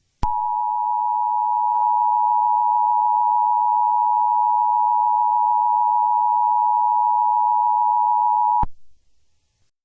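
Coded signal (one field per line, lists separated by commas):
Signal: Emergency Alert System (SAME) tones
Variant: 853 and 960 Hz attention tone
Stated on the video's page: Fictional EAS scenario; the alert is simulated.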